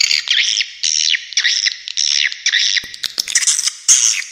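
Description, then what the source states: Swiftlet calls, looping nasal notes that rise and fall, repeated roughly twice per second, followed by sharper chirps and clicks. Clean, clear calls.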